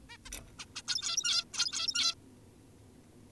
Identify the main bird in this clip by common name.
Zebra Finch